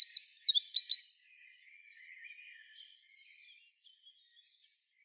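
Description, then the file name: Eurasian wren song, a loud burst of rapid high trills and sharp notes lasting about a second, then near silence with faint chirps. "Troglodytes troglodytes"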